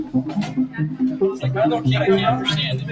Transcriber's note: upbeat music; laughing